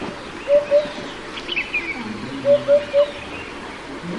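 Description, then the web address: Hoopoe giving low, hollow hoots, first a pair, then a run of three. "hoopoe bird call"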